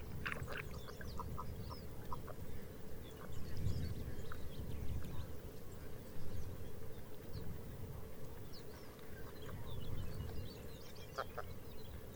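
Arctic birds call over a steady low rumble like wind. Short chirps and clipped notes come and go throughout, with a cluster of bright calls near the start and a stronger burst around eleven seconds, while a hoarse, quacking croak sounds now and then.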